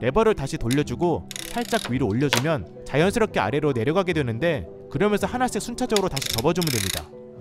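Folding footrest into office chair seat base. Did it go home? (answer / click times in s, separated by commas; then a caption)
no / none. Someone talks while folding the footrest of an Ergohuman H2 Comfort office chair back into the seat base, turning a lever and lifting it slightly so the footrest lowers and folds section by section. Throughout the clip only speech is heard. Nothing has seated or clicked yet, and the click that locks the footrest in place has not been heard.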